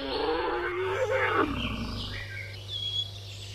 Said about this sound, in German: Sie sind aus Wuppertal. Die Bioakustikerin möchte dokumentieren, wie sich die Lautäußerungen der Wuppertaler möglicherweise an die der drei Wiener Elefanten angleichen werden, sobald sie sich die Anlage teilen und eine gemeinsame Gruppe bilden.